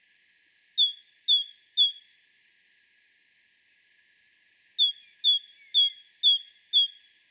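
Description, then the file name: Great tit: two bouts of bright paired notes in a steady rhythm, a short bout, a pause of about two seconds, then a longer bout of about five pairs. "Parus major"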